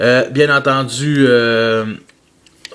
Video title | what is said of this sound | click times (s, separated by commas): (FR)Transformers Prime: Megatron Voyager Class | cette pièce-là, ça forme le torse. Fait qu'on les vient clipser ici au torse. | 2.7 s